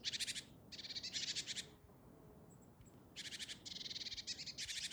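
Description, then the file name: Great tit churring calls, loud and grating, in long bursts of rapid pulses, with a pause in the middle and faint high ticks during it. "Parus major"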